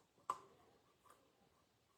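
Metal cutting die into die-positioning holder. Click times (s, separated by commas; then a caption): 0.3 s. A thin metal cutting die is placed into a die-positioning holder for a card-making cutting machine and snaps into place. There is one sharp, loud click at 0.3 s, followed by a softer tick around 1.1 s. The die is seated in the holder.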